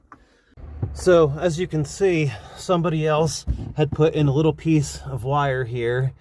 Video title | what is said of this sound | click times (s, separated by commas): Changing the rear 6x9 speakers in my Honda Civic | they lock into place perfectly | 0.1 s